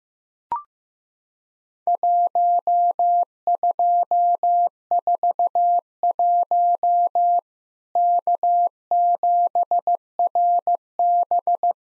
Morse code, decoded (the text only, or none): 1241 K7RB